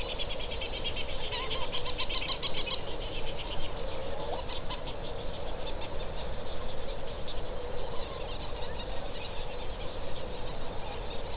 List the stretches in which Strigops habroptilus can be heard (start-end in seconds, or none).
none